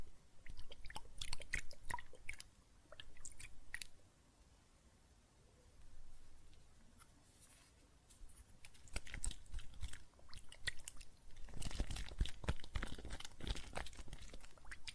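Soapy water and foam crackle and squish in uneven bursts of fizzing pops and wet clicks. Busy stretches in the first four seconds and again from about nine seconds alternate with quieter lulls, and the densest, brightest crackling comes around twelve to fourteen seconds.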